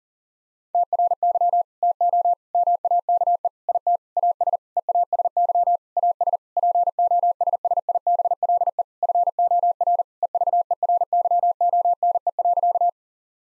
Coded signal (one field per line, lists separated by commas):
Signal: Morse code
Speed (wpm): 40 wpm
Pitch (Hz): 700 Hz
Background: none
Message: TRY TO MAKE IT AS EASY AS POSSIBLE FOR EVERYONE.